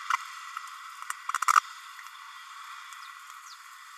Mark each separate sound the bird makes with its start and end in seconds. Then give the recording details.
1.48-1.50. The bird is a male. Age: 31 days. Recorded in a nest box in Venezuela. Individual 17B32A6